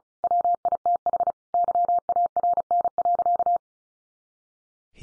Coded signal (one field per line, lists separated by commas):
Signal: Morse code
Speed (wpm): 34 wpm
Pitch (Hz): 700 Hz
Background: none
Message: WITH YARN.